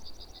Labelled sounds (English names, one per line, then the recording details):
Yellowhammer song
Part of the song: start
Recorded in the Czech Republic on 14 May 2015
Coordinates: 50.010, 16.238
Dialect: BC
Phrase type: F2
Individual ch015